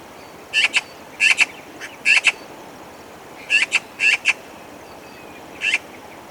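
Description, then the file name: Eurasian magpie calling in rough, rattling double and single chak notes, several bursts at irregular intervals, against faint background hiss. "Pica pica"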